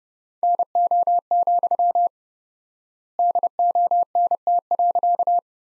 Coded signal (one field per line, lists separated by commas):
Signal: Morse code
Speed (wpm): 30 wpm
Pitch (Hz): 700 Hz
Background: none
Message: NO, DONT.